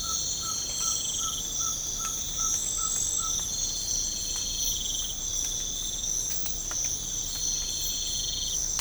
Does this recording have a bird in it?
yes